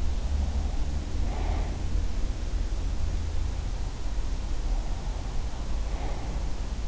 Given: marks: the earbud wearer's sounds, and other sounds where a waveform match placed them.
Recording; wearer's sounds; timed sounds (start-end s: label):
sounds in sleep by an in-ear microphone; breath
0.22-1.70 s: breath
4.71-6.41 s: breath